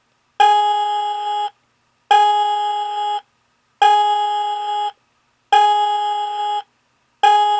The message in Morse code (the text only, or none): none